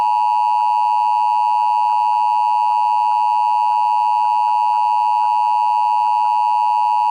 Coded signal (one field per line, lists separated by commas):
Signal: Emergency Alert System (SAME) tones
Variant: 853 and 960 Hz attention tone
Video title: TGC - An EAS Scenario